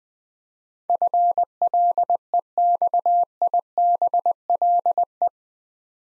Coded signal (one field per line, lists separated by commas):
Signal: Morse code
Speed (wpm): 20 wpm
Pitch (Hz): 700 Hz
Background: none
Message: FLEXIBLE